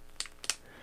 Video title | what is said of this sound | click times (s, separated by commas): Is this be best pill organizer you can buy? (Hennaja Weekly Pill Organizer) | i was also concerned about the snap here on the front because it is uh magnetic slash actually has a snapping sound if you can hear that | 0.2 s, 0.5 s